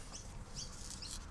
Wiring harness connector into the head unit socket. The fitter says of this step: why is this not clicking in? Is this not all the way in?